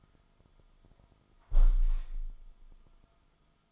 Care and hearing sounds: daily activity, microphone in the room; close window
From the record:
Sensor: 5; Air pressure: 1004.8 hPa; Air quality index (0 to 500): 86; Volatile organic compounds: 2 ppm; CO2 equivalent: 1035 ppm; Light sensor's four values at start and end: 34/80/32/31 and 34/80/32/31

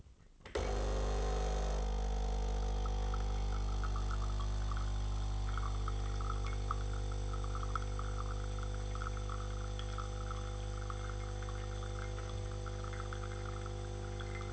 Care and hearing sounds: daily activity, microphone in the room; make coffee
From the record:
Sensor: 4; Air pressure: 995.9 hPa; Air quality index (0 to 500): 63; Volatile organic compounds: 2 ppm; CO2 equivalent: 1111 ppm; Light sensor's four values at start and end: 9/21/8/8 and 10/23/9/9

